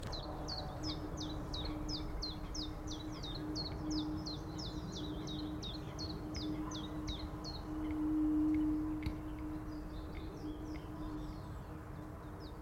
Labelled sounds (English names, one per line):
Common Chiffchaff